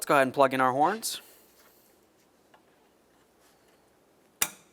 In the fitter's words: listen for a click give it a tug do the same to the other one